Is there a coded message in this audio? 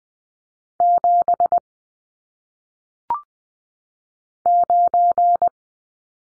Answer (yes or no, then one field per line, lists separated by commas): yes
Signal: Morse code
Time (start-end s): 0.8-5.5 s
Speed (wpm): 20 wpm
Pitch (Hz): 700 Hz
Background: none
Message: 7 9